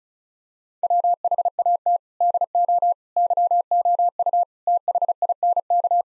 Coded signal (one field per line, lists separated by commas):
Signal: Morse code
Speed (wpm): 36 wpm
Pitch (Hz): 700 Hz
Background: none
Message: WHAT DO YOU THINK